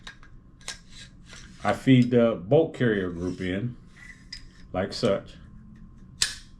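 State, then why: Seated. With the charging handle already in place, a bolt carrier group is fed into a rifle's upper receiver while someone talks, with a few faint handling taps along the way. It is pushed home with one sharp metallic click at 6.2 s, seating it in place.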